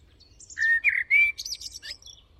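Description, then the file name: Common blackbird, a single song phrase: smooth fluted whistles, then a burst of high, thin twittering. "Turdus merula"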